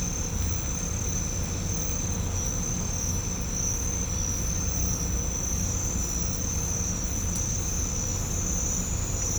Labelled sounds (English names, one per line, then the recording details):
none
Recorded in pastures near Puerto Asís, Putumayo, Colombia, on 18 December 2024 at 05:00
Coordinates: 0.505, -76.324
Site G063